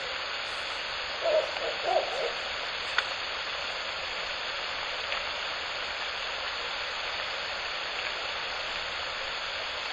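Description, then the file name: Owl giving two low, soft hoots about half a second apart early on, then only constant background hiss. At night, Shōnen no Mori, 16 May 2021, 21:09. "フクロウ番 2105162109 少年の森"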